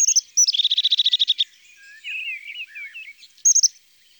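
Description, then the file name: European crested tit giving a rapid, buzzy purring trill of about a dozen notes, followed by soft twittering and brief high notes. "Mesange huppee ABC des chants doiseaux"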